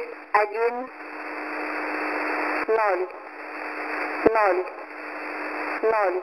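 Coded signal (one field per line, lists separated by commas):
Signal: numbers station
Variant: S06s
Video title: S06s Number Station 9262kHz - 8:30 UTC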